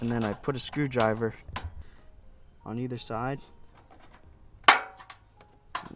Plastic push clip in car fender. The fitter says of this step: hear it click out